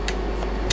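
A plastic mounting clip, already screwed onto a mic arm, slides into the back of a podcast microphone against a steady low background hum, with a brief tick near 0.1 s. It clicks in sharply at 0.7 s and is seated, and the plastic clip is called sturdy.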